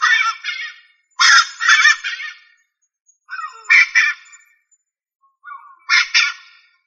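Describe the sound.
Rail producing loud, grating, nasal calls, paired squawks in bursts separated by short pauses.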